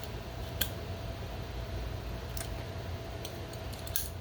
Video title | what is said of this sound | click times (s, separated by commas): Rebuilding the Ducati Monster Marchesini forks with the help of a prophylactic sheath. | satisfying click | 4.0 s